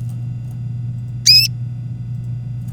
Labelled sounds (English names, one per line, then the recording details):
Domestic Canary song
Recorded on 24 April 2018 at 18:28
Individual llb3